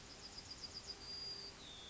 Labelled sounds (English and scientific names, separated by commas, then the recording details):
Yellowhammer (Emberiza citrinella) song
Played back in forest
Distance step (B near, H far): G
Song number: 116